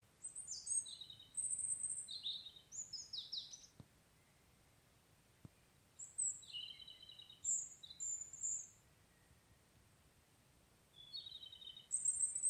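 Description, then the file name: European robin song of several high, thin, warbled phrases with trilled and sliding notes, separated by short pauses; two faint clicks in between. "Erithacus rubecula"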